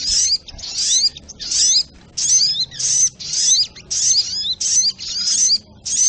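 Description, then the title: Little Spiderhunter singing rapid high twitters in tight packets, about one and a half per second, steady and insistent. Masteran (training) recording of a sogok ontong, labelled Labaik. "Masteran Burung Sogok Ontong Labaik"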